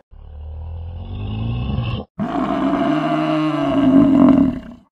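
Yak giving a long, low, rumbling groan lasting about two seconds, then after a brief gap a louder, harsher drawn-out roar that grows louder before stopping.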